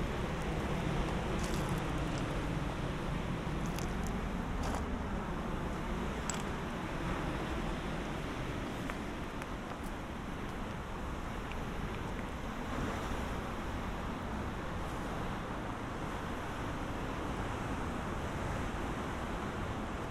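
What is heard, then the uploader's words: A steady, dense roar of surf on a beach, constant and full from low rumble to hiss, with faint clicks and shifting crunches early on. A walk on a beach in southern Iceland near Vik. Walk on beach near Vik, Iceland.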